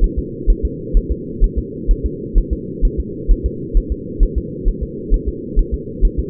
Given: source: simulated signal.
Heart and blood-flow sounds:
fetal heart sounds
0.04 s: S1
0.19 s: S2
0.50 s: S1
0.65 s: S2
0.97 s: S1
1.12 s: S2
1.44 s: S1
1.58 s: S2
1.91 s: S1
2.06 s: S2
2.38 s: S1
2.53 s: S2
2.85 s: S1
3.00 s: S2
3.31 s: S1
3.46 s: S2
3.77 s: S1
3.92 s: S2
4.23 s: S1
4.38 s: S2
4.68 s: S1
4.83 s: S2
5.14 s: S1
5.29 s: S2
5.59 s: S1
5.74 s: S2
6.05 s: S1
6.19 s: S2
From the record:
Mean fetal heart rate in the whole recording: 130 bpm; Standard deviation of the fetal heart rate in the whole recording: 2 bpm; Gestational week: 38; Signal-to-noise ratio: -4.1 dB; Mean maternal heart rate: no maternal heart sound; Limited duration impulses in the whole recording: absent

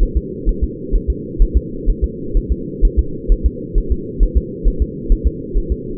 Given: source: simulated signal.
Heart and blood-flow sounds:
fetal heart sounds
0.03 s: S1
0.17 s: S2
0.49 s: S1
0.63 s: S2
0.96 s: S1
1.10 s: S2
1.42 s: S1
1.57 s: S2
1.90 s: S1
2.04 s: S2
2.37 s: S1
2.52 s: S2
2.85 s: S1
2.99 s: S2
3.32 s: S1
3.46 s: S2
3.78 s: S1
3.92 s: S2
4.23 s: S1
4.37 s: S2
4.67 s: S1
4.82 s: S2
5.12 s: S1
5.27 s: S2
5.58 s: S1
5.72 s: S2
From the record:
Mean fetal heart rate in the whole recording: 130 bpm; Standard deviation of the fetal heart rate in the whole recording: 4 bpm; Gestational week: 38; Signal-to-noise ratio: -4.3 dB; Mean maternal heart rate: 72 bpm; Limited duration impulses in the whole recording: absent

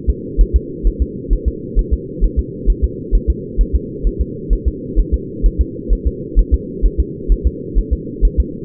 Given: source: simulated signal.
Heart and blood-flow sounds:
fetal heart sounds
0.10 s: S2
0.41 s: S1
0.56 s: S2
0.87 s: S1
1.02 s: S2
1.33 s: S1
1.48 s: S2
1.79 s: S1
1.94 s: S2
2.24 s: S1
2.39 s: S2
2.70 s: S1
2.84 s: S2
3.15 s: S1
3.30 s: S2
3.61 s: S1
3.76 s: S2
4.07 s: S1
4.21 s: S2
4.53 s: S1
4.68 s: S2
5.00 s: S1
5.14 s: S2
5.46 s: S1
5.61 s: S2
5.93 s: S1
6.07 s: S2
6.39 s: S1
6.54 s: S2
6.86 s: S1
7.00 s: S2
7.32 s: S1
7.47 s: S2
7.79 s: S1
7.93 s: S2
8.25 s: S1
8.40 s: S2
From the record:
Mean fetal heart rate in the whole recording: 130 bpm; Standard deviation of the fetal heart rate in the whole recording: 2 bpm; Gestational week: 36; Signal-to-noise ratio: -4.1 dB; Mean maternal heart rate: no maternal heart sound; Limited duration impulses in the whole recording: absent

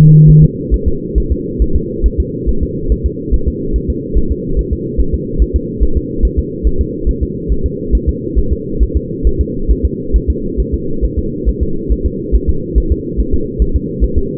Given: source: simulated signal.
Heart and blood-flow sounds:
fetal heart sounds
0.30 s: S1
0.44 s: S2
0.74 s: S1
0.88 s: S2
1.18 s: S1
1.32 s: S2
1.62 s: S1
1.76 s: S2
2.06 s: S1
2.20 s: S2
2.49 s: S1
2.63 s: S2
2.92 s: S1
3.06 s: S2
3.34 s: S1
3.48 s: S2
3.76 s: S1
3.90 s: S2
4.18 s: S1
4.32 s: S2
4.59 s: S1
4.73 s: S2
5.01 s: S1
5.14 s: S2
5.42 s: S1
5.56 s: S2
5.83 s: S1
5.97 s: S2
6.25 s: S1
6.39 s: S2
6.67 s: S1
6.81 s: S2
7.09 s: S1
7.23 s: S2
7.52 s: S1
7.66 s: S2
7.95 s: S1
8.09 s: S2
8.39 s: S1
8.53 s: S2
8.83 s: S1
8.97 s: S2
9.27 s: S1
9.41 s: S2
9.71 s: S1
9.85 s: S2
10.16 s: S1
10.30 s: S2
10.60 s: S1
10.74 s: S2
11.05 s: S1
11.19 s: S2
11.49 s: S1
11.63 s: S2
11.92 s: S1
12.06 s: S2
12.36 s: S1
12.50 s: S2
12.78 s: S1
12.92 s: S2
13.20 s: S1
13.34 s: S2
13.62 s: S1
13.76 s: S2
14.04 s: S1
14.18 s: S2
From the record:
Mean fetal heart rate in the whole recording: 140 bpm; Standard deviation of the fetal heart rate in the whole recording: 2 bpm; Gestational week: 34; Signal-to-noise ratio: -8.1 dB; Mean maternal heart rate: 72 bpm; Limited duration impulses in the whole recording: present

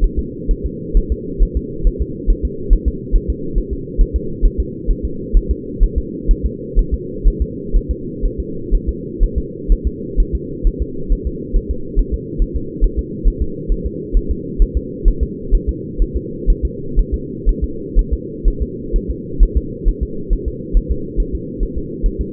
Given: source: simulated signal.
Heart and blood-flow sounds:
fetal heart sounds
0.04 s: S1
0.19 s: S2
0.51 s: S1
0.66 s: S2
0.97 s: S1
1.12 s: S2
1.42 s: S1
1.57 s: S2
1.87 s: S1
2.02 s: S2
2.30 s: S1
2.45 s: S2
2.73 s: S1
2.88 s: S2
3.16 s: S1
3.30 s: S2
3.58 s: S1
3.73 s: S2
4.01 s: S1
4.16 s: S2
4.45 s: S1
4.60 s: S2
4.91 s: S1
5.05 s: S2
5.37 s: S1
5.51 s: S2
5.84 s: S1
5.98 s: S2
6.31 s: S1
6.46 s: S2
6.79 s: S1
6.94 s: S2
7.28 s: S1
7.42 s: S2
7.76 s: S1
7.91 s: S2
8.25 s: S1
8.40 s: S2
8.75 s: S1
8.89 s: S2
9.23 s: S1
9.38 s: S2
9.72 s: S1
9.87 s: S2
10.20 s: S1
10.35 s: S2
10.67 s: S1
10.82 s: S2
11.12 s: S1
11.27 s: S2
11.56 s: S1
11.71 s: S2
11.99 s: S1
12.14 s: S2
12.42 s: S1
12.56 s: S2
12.84 s: S1
12.99 s: S2
13.28 s: S1
13.42 s: S2
13.72 s: S1
13.86 s: S2
14.17 s: S1
14.31 s: S2
14.62 s: S1
14.77 s: S2
15.08 s: S1
15.23 s: S2
15.55 s: S1
15.69 s: S2
16.02 s: S1
16.16 s: S2
16.50 s: S1
16.65 s: S2
16.99 s: S1
17.14 s: S2
17.49 s: S1
17.64 s: S2
17.99 s: S1
18.13 s: S2
18.48 s: S1
18.62 s: S2
18.96 s: S1
19.11 s: S2
19.43 s: S1
19.57 s: S2
19.89 s: S1
20.03 s: S2
20.33 s: S1
20.48 s: S2
20.77 s: S1
20.91 s: S2
21.20 s: S1
21.35 s: S2
21.63 s: S1
21.78 s: S2
22.06 s: S1
22.21 s: S2
From the record:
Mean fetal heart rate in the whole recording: 130 bpm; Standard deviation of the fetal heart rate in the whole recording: 4 bpm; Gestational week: 38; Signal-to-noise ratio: -4.3 dB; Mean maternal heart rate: 72 bpm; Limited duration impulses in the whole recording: absent

